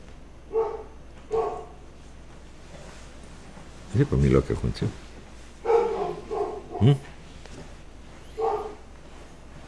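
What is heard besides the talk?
small dog barking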